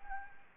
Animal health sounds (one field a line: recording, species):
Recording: mosquito wingbeat signal from an infrared sensor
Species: Anopheles gambiae